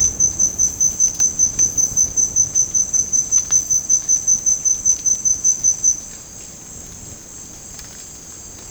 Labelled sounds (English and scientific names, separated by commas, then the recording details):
none
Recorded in dense forest near Puerto Asís, Putumayo, Colombia, on 29 June 2025 at 14:00
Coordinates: 0.486, -76.317
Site G065